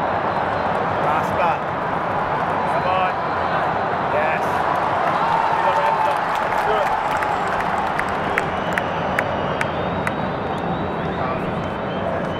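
Football crowd at Wembley, a dense, steady roar of many voices that holds at one level throughout. Scattered sharp claps and short shouts poke out every second or so, and a few individual voices rise above the mass around the middle.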